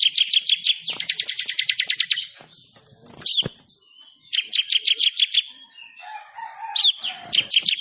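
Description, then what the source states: Bird song with quick rattling trills of high chirps in repeated bursts, separated by softer pauses and a few lower warbled notes. Bird ringtone with a melodious voice.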